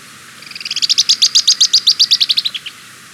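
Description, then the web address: Stout-billed cinclodes trill: a quick run of high, even notes that builds, holds steady, then tapers off lower. Recorded in Ecuador. "Birds of Ecuador. Stout-Billed Cinclodes"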